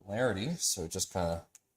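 During a Voron 2.4 3D printer build, a small part is being pressed by hand into its mount on the printer frame while someone talks. The part is handled but not yet home, and nothing has seated or clicked yet.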